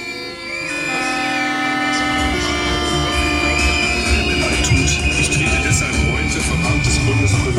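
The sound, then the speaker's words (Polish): Protest whistles and vuvuzelas blare together at a counter-demonstration on the Neumarkt in Dresden, Germany, drowning out a main stage: a loud, continuous din of long sustained horn tones layered with shrill whistle blasts over a noisy crowd, with some voices mixed in. “W użyciu są gwizdki, wuwuzele, wszystko, co powoduje, że jest naprawdę głośno.”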